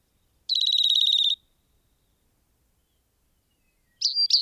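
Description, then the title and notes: Rock wren song: a rapid, even buzzy trill of high notes lasting under a second, then silence before a second phrase of sharper repeated notes begins. "Rock Wren. Macaulay Library at Cornell Lab of Ornithology"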